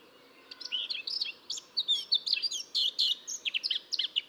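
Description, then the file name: Eurasian blackcap warbling song, quick varied chattering and squeaky notes over a steady low background hiss. "Sylvia atricapilla"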